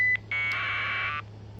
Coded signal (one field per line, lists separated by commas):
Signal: packet radio (AX.25, as in APRS)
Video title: Got the correct software for the tariff ham radios 📻 😋 🙌 👌 aprs time!